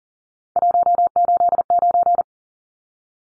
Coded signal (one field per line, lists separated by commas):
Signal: Morse code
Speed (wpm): 40 wpm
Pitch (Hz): 700 Hz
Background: none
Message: 189